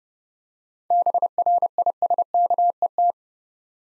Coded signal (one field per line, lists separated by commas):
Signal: Morse code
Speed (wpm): 32 wpm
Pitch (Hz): 700 Hz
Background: none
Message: BRISKET